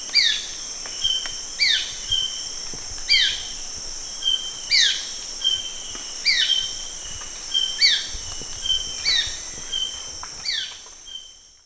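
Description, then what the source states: Dark-throated oriole giving short descending call notes repeatedly, over a loud, steady high insect drone. Recorded at Danum on 1 January 2008.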